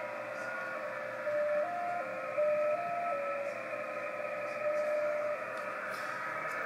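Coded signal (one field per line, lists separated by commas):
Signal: JT65, JT9 or WSPR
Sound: a steady whistle hopping slowly between close pitches over radio hiss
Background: radio static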